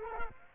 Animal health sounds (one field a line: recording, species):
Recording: mosquito wingbeat signal from an infrared sensor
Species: Culex quinquefasciatus